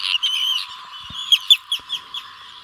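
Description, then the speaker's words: Arctic tern calls: a long harsh grating rasp, then several short, sharp strident notes in quick succession. "Die Küstenseeschwalbe, so klingt sie übrigens."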